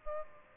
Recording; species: mosquito wingbeat signal from an infrared sensor; Aedes aegypti